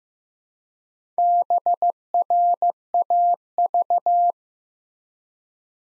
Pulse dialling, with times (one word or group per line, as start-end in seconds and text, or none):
none